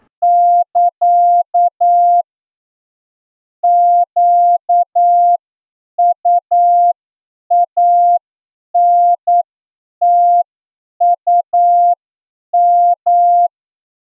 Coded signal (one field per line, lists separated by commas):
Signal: Morse code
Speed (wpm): 9 wpm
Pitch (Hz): 700 Hz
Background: none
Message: <KA> QUANTUM